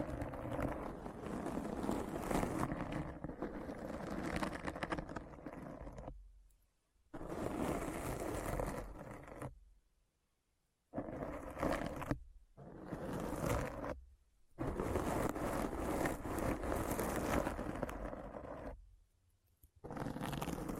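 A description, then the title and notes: Dense, rough scratching runs in long bursts with several abrupt silent gaps, each stretch steady and full from low rumble to bright hiss. ASMR Deep Brain Scratch (No Talking).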